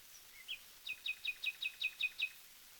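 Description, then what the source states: Common nightingale song: a few soft notes, then a run of eight quick, evenly spaced chirping notes, each a doubled high chip, over light background hiss. Recorded on a 1936 disc, Songs of Wild Birds, disc 1, side A.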